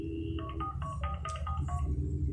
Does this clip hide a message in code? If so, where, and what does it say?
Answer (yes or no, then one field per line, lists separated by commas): no